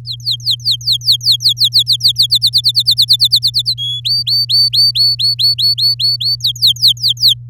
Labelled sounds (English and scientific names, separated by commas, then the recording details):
Domestic Canary (Serinus canaria) song
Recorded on 10 May 2018 at 13:15
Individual llb16